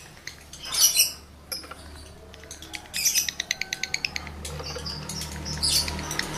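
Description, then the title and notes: Lovebird chatter with loud shrill squeaks early on, then a fast series of sharp clicking notes and high twitters. Male lovebird in breeding condition; song used as a lure to stimulate other lovebirds to sing. "Birahi Lovebird Jantan ke Gacor. Pancingan Suara Lovebird jantan birahi"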